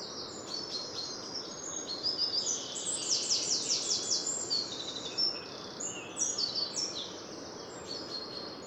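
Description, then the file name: Eurasian wren singing a long outpouring of high twittering notes and buzzy trills, with a steady hiss behind. "Troglodytes troglodytes"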